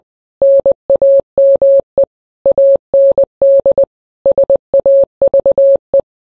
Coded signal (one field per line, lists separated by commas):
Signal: Morse code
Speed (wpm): 20 wpm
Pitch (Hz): 550 Hz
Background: none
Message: NAME AND SAVE